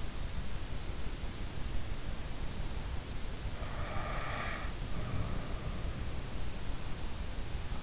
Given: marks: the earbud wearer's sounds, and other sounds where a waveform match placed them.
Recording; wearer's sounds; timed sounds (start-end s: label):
sounds in sleep by an in-ear microphone; breath
3.65-5.44 s: breath